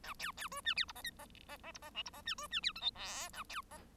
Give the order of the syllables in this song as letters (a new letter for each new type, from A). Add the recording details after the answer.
A B B C D E F G H G G G F G I F G D C D E J K L A B G. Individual Bird1